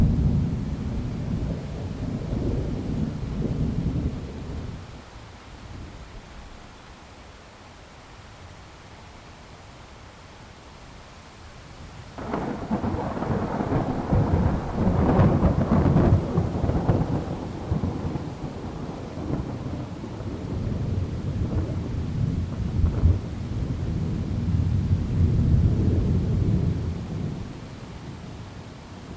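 Low thunder rumbles through rain and wind, fading to a quieter lull near five seconds before a louder, crackling roll returns at twelve.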